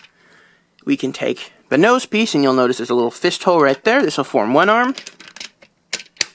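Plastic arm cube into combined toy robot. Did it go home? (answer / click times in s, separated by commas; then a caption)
yes / 5.9 s. Someone talks while a plastic nose piece with a small fist hole is attached as one arm of a DX Tousai Zyuoh / DX Wild Tousai King (2016) combined toy robot. A sharp click at 5.9 s marks the arm piece locking into place, followed by another brief tap near 6.2 s.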